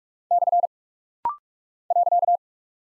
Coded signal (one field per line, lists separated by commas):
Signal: Morse code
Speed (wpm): 46 wpm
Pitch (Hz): 700 Hz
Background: none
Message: / .